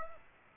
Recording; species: mosquito wingbeat signal from an infrared sensor; Aedes aegypti